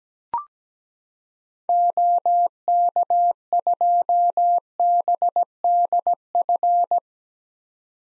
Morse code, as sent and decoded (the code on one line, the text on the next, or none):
--- -.- ..--- -... -.. ..-.
OK2BDF